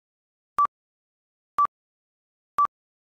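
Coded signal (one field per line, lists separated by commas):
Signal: none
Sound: answering machine beeps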